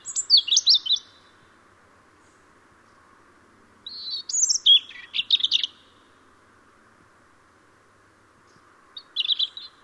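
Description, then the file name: European robin giving three bursts of high, thin warbling notes a few seconds apart, each phrase varied and sparkling, with light background hiss throughout. "Erithacus rubecula"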